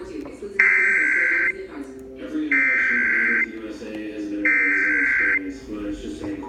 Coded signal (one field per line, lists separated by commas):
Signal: Emergency Alert System (SAME) tones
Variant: header bursts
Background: speech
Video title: EAS #160 National Periodic Test